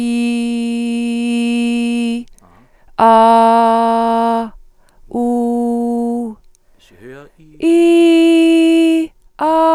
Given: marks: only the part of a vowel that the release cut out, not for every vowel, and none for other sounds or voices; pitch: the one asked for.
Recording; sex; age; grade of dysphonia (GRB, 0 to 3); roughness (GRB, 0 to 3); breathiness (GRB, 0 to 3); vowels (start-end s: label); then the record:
sustained vowels; female; 40 to 49 years; 0; 0; 0
0.00-1.98 s: vowel /i/, normal pitch
3.17-4.24 s: vowel /a/, normal pitch
5.25-6.15 s: vowel /u/, normal pitch
7.76-9.01 s: vowel /i/, high pitch
From the record:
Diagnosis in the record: hyperfunctional dysphonia, psychogenic dysphonia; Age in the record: 47 years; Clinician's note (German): Leichte